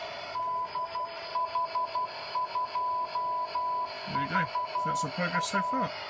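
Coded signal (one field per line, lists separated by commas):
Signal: Morse code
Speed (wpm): 12 wpm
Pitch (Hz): 1000 Hz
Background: speech, radio noise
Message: DH2VA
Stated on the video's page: Software-defined transponder in development for a geostationary satellite, sending a CW and Phase-3 style standard beacon.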